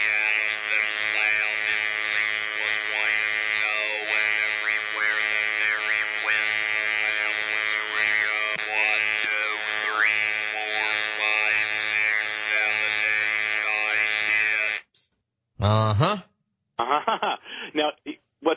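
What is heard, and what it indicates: Steady monotone mechanical buzz shaped into muffled speech as an adult man reads a brief passage with an electrolarynx held in front of his lips, used incorrectly, in a ventriloquist-like way.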